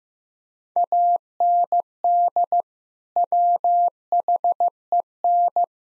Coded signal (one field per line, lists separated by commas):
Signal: Morse code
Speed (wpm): 15 wpm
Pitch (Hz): 700 Hz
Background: none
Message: AND WHEN